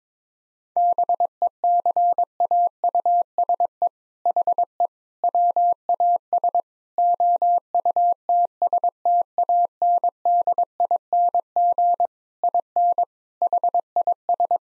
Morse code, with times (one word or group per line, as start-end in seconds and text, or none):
0.8-3.9 BECAUSE
4.3-4.9 HE
5.2-6.6 WAS
7.0-12.1 OUTSTANDING
12.4-13.0 IN
13.4-14.6 HIS